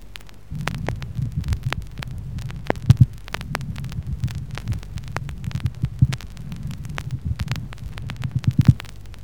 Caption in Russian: Шум трения плевры – это прерывистый звук непостоянной интенсивности. Он выслушивается как при вдохе, так и при выдохе.